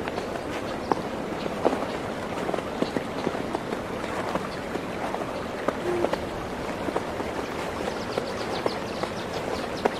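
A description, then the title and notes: Footsteps crunch through snow in a quick, uneven series of crackling steps over a steady, rushing wash of flowing river water. A few short, high bird chirps break through now and then, around the first two seconds and again near six seconds. Stepping on the snow, the river is flowing quietly, the birds are chirping.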